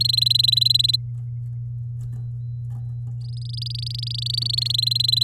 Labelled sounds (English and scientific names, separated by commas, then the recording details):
Domestic Canary (Serinus canaria) song
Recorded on 10 May 2018 at 12:10
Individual llb16